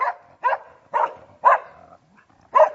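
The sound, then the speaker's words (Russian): A dog barks five times in a steady rhythm, each loud, mid-pitched bark clipped short and separated by brief pauses, with no voices over it. “Товарищ генерал, пес проклятый! Житья от него нет!”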